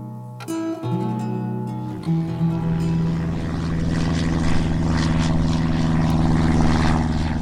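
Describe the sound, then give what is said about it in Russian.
A propeller airplane engine drones steadily, starting up with a few uneven bursts before settling into a loud, continuous low hum with a buzzing tone that holds to the end. “На следующий день Нева услышал знакомый гул деревянной пчелы и побежал к просеке, чтобы посмотреть, как она кружит над селом.”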